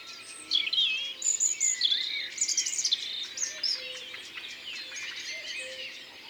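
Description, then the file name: European robin singing high, sweet, tumbling phrases of squeaky whistles and twitters, delivered in bursts, with soft lower piping notes in the background. Recorded in Isère, France. "Rougegorge-familier-Concerts-naturels-de-l Isere-Studio-Les-Trois-Becs"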